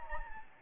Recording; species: mosquito wingbeat signal from an infrared sensor; Anopheles gambiae